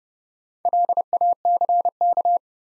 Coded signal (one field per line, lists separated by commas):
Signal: Morse code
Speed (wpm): 29 wpm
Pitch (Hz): 700 Hz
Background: none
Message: LACK